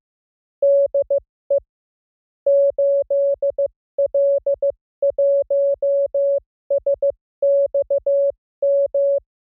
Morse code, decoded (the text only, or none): DE 8L1SXM